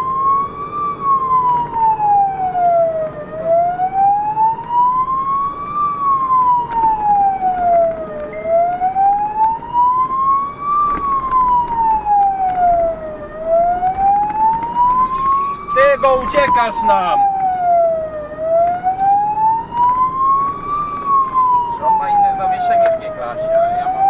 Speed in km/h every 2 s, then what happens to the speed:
63, 66, 65, 65, 60, 61, 55, 54, 52, 58, 58, 61.
0-7 steady at about 65. 7-16 slows to 52. 16-24 speeds up to 61.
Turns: none.